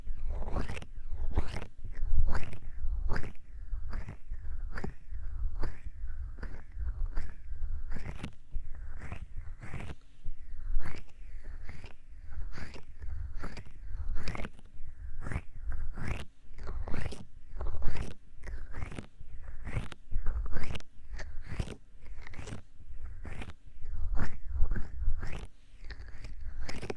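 Unusual trigger sounds made on objects such as a hollow tube, a silicone paw cleaner and stress balls. Sharp, squishy taps and clicks repeat steadily, about two per second, for the whole stretch, over a constant low rumble and a faint steady hum.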